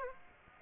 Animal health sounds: mosquito wingbeat signal from an infrared sensor; Aedes aegypti

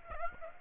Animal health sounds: mosquito wingbeat signal from an infrared sensor; Aedes aegypti

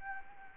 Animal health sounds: mosquito wingbeat signal from an infrared sensor; Anopheles gambiae

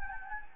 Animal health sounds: mosquito wingbeat signal from an infrared sensor; Anopheles gambiae

